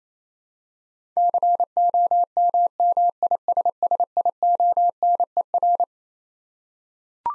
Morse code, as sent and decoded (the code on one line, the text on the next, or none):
-.-. --- -- -- .. ... ... .. --- -. . .-.
COMMISSIONER